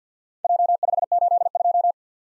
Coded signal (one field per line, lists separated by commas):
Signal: Morse code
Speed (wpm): 53 wpm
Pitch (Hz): 700 Hz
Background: none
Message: J582